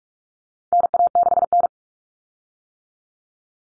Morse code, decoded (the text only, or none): NA6N